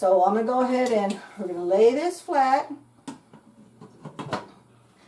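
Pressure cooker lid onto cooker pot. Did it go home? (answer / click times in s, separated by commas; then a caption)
yes / 4.2 s, 4.3 s. Someone talks, then a metal pressure cooker lid is laid flat on the cooker pot and pressed down, with a few light clatters. Two sharp snaps at 4.2 s and 4.3 s mark the lid locking into place.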